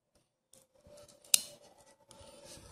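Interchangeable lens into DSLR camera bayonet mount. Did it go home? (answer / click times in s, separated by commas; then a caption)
yes / 1.3 s. An interchangeable lens is rotated onto the bayonet mount of a Canon EOS 2000D / Rebel T7 DSLR camera. Faint rubbing and handling sounds lead up to one sharp, bright click at 1.3 s as the lens locks securely in place. Soft handling noise follows.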